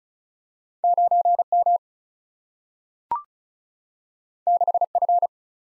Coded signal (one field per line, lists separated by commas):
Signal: Morse code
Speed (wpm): 36 wpm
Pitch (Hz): 700 Hz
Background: none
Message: 9M 6F